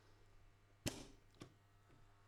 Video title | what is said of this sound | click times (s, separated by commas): Bambu Lab A1 Combo 3D Yazıcı - Güncel Kutu Açılışı ve Montaj | Hafif bir şekilde bastırıp döndürürken o ara tık diye giriyor içerisine. | 0.9 s